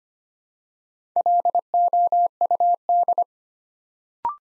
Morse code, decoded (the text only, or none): LOUD